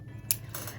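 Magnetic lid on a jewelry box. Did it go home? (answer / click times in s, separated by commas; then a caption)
yes / 0.3 s. A jewelry box with a magnetic closure is shut, and its lid snaps closed with one sharp, bright click at 0.3 s. Softer broadband rustles follow at about 0.5 s and 0.8 s over a steady low hum. The lid is seated, held shut magnetically.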